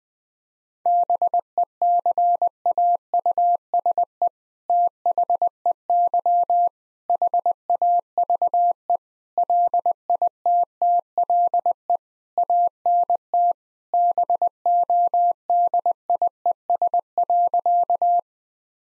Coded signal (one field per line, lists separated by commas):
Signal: Morse code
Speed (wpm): 21 wpm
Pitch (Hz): 700 Hz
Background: none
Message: BECAUSE THEY HAVE LITTLE ANT BODIES.